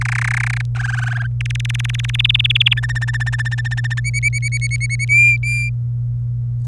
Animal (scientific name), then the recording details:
Serinus canaria. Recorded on 27 April 2018 at 08:04. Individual llb3